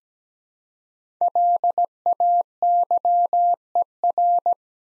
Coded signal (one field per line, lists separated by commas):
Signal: Morse code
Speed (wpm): 17 wpm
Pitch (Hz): 700 Hz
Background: none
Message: LAYER